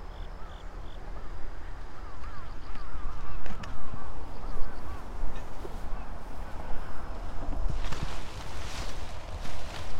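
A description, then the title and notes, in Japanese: Sweet potato vines are cut at the base with sharp snips and rustling that thickens near the end, while birds chirp repeatedly over a low rumble. やっと晴れて、サツマイモツル切り。久しぶりの青空を見ながらの昼間、サツマイモ収穫準備で伸びたツルを株元から切っていきます。よく研いだ鎌で一切り。今日はカラスたちが賑やか。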